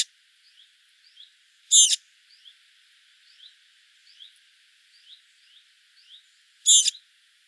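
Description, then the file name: Eurasian blackcap giving two loud, hard clicking tack notes about five seconds apart over a faint background of soft, high repeated ticking notes. "Sylvia atricapilla"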